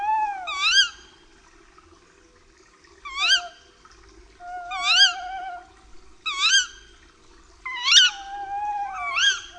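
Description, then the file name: Tawny owl making a series of sharp, rising-and-falling calls roughly every one and a half to three seconds, some followed by a lower wavering tone, over a faint hum. "puszczyk"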